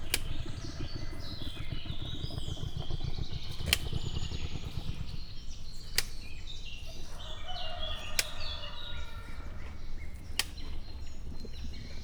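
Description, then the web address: Bactrian camel tail slaps: sharp dry thwacks roughly every two seconds over a low pulsing rumble, with birds chirping and twittering throughout. Captive male at a zoo in Miskolc, Hungary, recorded in 2018, slapping its back with its tail. "ketpupu teve levizeltfarkavalahatatcsapkodohim miskolczoo"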